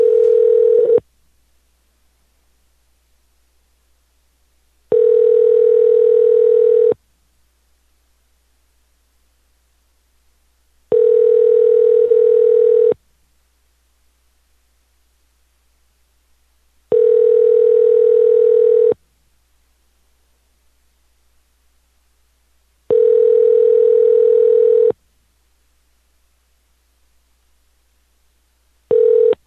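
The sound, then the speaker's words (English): An outgoing call's ringback tone to a cell phone repeats: a steady, low-pitched electronic buzz lasting about two seconds, then four seconds of silence, cycling roughly six times with no voices. “Calling Ken.”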